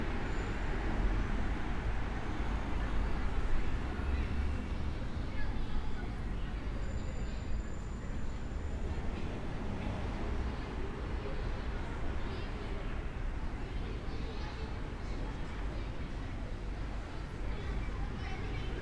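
A walk through the historic city of Bath, heard as a steady, dense wash of crowd chatter with low traffic rumble underneath. The level stays even throughout, with a few faint high tones briefly cutting through around seven and twelve seconds.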